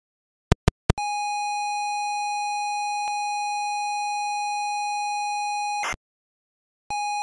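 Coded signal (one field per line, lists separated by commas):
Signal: ZX Spectrum tape loading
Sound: three clicks, a five-second steady buzzy lead tone, short harsh data burst, silence, tone again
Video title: Rainbow Beer Megademo Tape Loading Example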